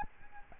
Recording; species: mosquito wingbeat signal from an infrared sensor; Aedes albopictus